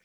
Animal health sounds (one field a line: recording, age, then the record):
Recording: pig call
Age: piglet (1 to 25 days)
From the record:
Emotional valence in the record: positive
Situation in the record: reunion after long isolation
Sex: male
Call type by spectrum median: high-frequency call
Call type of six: low-frequency tonal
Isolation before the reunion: 8 minutes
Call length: 0.05 s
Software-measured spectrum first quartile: 1628 Hz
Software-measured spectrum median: 2726 Hz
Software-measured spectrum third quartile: 7380 Hz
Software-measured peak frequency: 2313 Hz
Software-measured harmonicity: -0.6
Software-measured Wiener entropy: -1.59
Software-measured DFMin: 982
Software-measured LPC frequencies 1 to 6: 1720, 2310, 3369, 5360, 7358, 8563 Hz